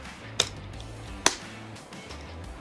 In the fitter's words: Then, we'll push down on the bottom part until it snaps into position.